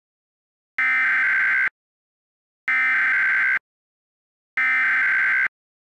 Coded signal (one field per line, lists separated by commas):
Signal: Emergency Alert System (SAME) tones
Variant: header bursts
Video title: EAS Short - NOGGIN App Shutdown Riots (Nick Jr. Riot 3)